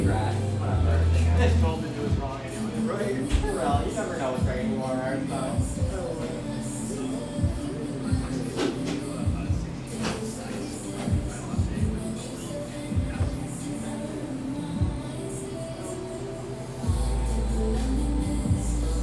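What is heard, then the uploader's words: Café ambience in east Portland with a steady bed of music carrying a low, thumping bass line that swells at the start and again near the end. Overlapping voices chatter throughout, with occasional clinks and shuffles rising above the dense, continuous murmur. Tucked near the lush, wooded Laurelhurst Park in east Portland, this café sports vibrant music and an erudite, professional clientele.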